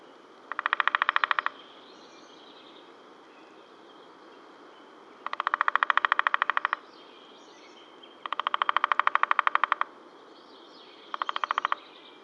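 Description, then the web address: Woodpecker giving four bursts of rapid, clipped chirps, repeated every few seconds over light background noise. "bird woodpecker chirps"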